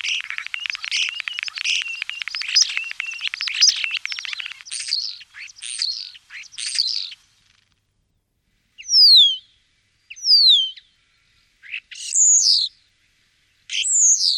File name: špaček obecný